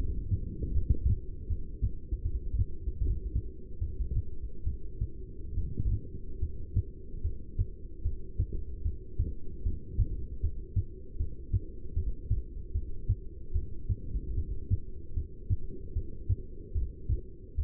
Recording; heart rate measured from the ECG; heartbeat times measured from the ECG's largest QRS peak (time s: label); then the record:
heart sounds by stethoscope; 75 bpm
0.74 s: heartbeat
1.48 s: heartbeat
2.23 s: heartbeat
3.00 s: heartbeat
3.80 s: heartbeat
4.65 s: heartbeat
5.55 s: heartbeat
6.40 s: heartbeat
7.23 s: heartbeat
8.03 s: heartbeat
8.84 s: heartbeat
9.64 s: heartbeat
10.42 s: heartbeat
11.18 s: heartbeat
11.95 s: heartbeat
12.73 s: heartbeat
13.54 s: heartbeat
14.36 s: heartbeat
15.15 s: heartbeat
15.94 s: heartbeat
16.74 s: heartbeat
17.57 s: heartbeat
From the record:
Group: heart failure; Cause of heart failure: non-ischemic cardiomyopathy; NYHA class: 1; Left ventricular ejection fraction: 62%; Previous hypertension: present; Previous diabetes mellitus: present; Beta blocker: bisoprolol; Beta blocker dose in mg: 10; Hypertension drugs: sacubitril-valsartan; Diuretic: furosemide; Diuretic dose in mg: 20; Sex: male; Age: 49 years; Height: 167 cm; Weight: 110 kg